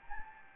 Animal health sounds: mosquito wingbeat signal from an infrared sensor; Anopheles gambiae

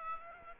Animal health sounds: mosquito wingbeat signal from an infrared sensor; Aedes aegypti

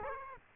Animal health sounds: mosquito wingbeat signal from an infrared sensor; Aedes aegypti

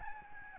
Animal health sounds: mosquito wingbeat signal from an infrared sensor; Aedes albopictus

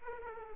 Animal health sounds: mosquito wingbeat signal from an infrared sensor; Aedes aegypti

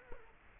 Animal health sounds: mosquito wingbeat signal from an infrared sensor; Culex quinquefasciatus

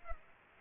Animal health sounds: mosquito wingbeat signal from an infrared sensor; Culex pipiens

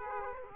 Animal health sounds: mosquito wingbeat signal from an infrared sensor; Aedes aegypti

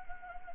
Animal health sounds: mosquito wingbeat signal from an infrared sensor; Anopheles gambiae

